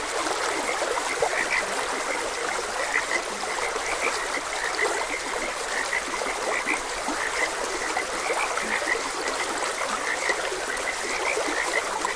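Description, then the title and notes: Frogs croak densely, rapid short notes from several callers, with a constant trickle and rush of water. Frogs croaking beside a gentle stream. "Gentle Stream and Frogs Croaking. Sleep and Relaxation Podcast"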